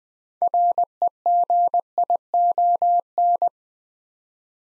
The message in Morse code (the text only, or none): REGION